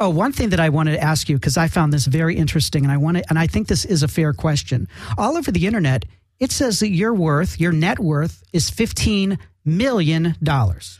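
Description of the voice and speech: One adult man talks at a relaxed conversational pace in a quiet room, with a couple of brief pauses. His voice is clear and steady, and his speech flows normally with no repeats, blocks or slurring. This is ordinary fluent speech.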